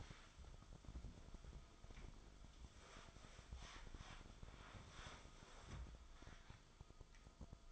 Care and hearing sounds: daily activity, microphone in the room; wipe stove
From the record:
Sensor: 5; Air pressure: 1004.9 hPa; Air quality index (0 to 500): 100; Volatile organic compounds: 2 ppm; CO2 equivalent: 1213 ppm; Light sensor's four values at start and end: 33/73/30/30 and 33/74/31/30

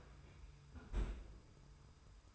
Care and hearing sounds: daily activity, microphone in the room; close fridge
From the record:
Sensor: 2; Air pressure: 990.8 hPa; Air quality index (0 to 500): 129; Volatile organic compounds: 133 ppm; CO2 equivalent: 3942 ppm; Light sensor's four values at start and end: 20/49/20/20 and 20/49/20/20

